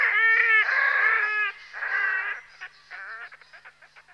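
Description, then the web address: Red-necked grebe calling with loud squealing wails that break into a rapid, stuttering chatter of short notes trailing away. "Uzbek hayvonlar. Podiceps grisegena"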